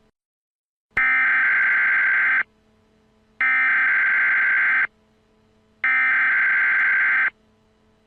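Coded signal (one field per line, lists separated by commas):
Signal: Emergency Alert System (SAME) tones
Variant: header bursts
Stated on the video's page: Fictional, simulated EAS scenario from an alternate universe, remastered.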